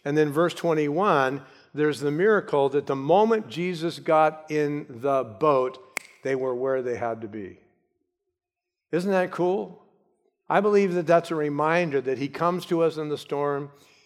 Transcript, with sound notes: and in verse 21, there’s the miracle that the moment Jesus got in the boat (SNAP!) they were where they had to be. Isn’t that cool? I believe that’s a reminder that He comes to us in the storm,